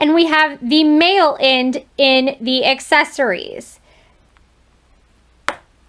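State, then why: Seated. Someone talks, then a fabric hair accessory carrying the male half of a metal press snap is pushed onto the female half sewn into the hair of a mermaid girl hooded towel. A faint tick is heard at 4.4 s, and the snap closes with a sharp, loud click at 5.5 s, seating the accessory in place.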